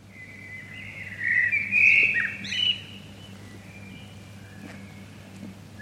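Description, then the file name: Common blackbird song phrase: a rich fluty warble rising to loud bright notes, then a quick high flourish, followed by quiet with faint chirps. "Turdus merula"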